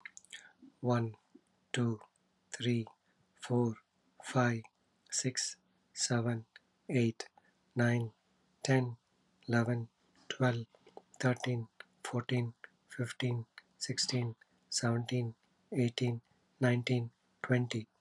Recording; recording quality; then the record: counting at a normal pace; excellent, no background noise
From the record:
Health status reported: healthy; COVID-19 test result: not tested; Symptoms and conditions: none ticked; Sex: male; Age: 44 years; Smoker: not ticked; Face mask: not worn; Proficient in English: yes